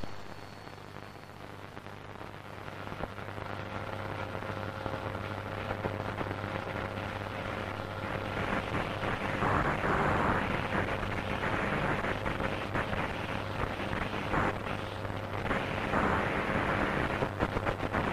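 Radio interference: a steady low hum with a thin whining tone riding above it, under a dense, crackling hiss. The noise starts softer and grows rougher and louder after about three seconds, with bursts of buzzing static swelling around ten and fifteen seconds.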